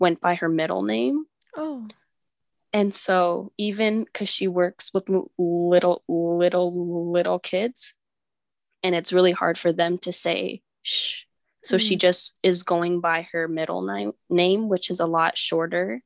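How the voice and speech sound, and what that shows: A woman who stutters, sometimes on K sounds and sometimes not, speaks in casual conversation. A word is repeated three times with drawn-out pauses ("little, little, little"), a broken-off word is restarted, and several vowels are stretched. These are mild stuttering disfluencies within otherwise fluent speech in a quiet room.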